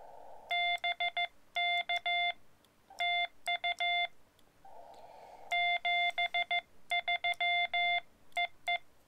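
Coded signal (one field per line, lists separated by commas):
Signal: Morse code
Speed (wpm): 15 wpm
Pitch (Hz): 2100 Hz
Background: none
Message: BK TU 73 EE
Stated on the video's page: POTA activation in Morse code from a BLM recreation area using a Xiegu X-6100.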